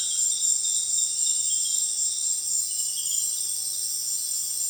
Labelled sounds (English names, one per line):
none